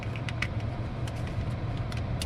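An installer handles a plastic multi-pin harness plug with its lock latch up, about to push it into the interface box of a 13.6-inch Android navigation screen radio for a 2015 and later Chrysler 300. Short plastic ticks and taps, the sharpest near 0.4 s, sit over a steady low hum. Nothing has seated or clicked yet.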